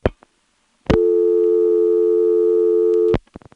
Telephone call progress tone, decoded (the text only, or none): dial tone